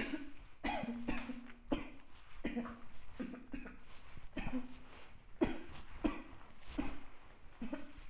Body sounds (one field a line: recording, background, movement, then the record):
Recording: throat clearing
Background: quiet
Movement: walking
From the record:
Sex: female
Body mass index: 36.4 kg/m2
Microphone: on the chest, facing outward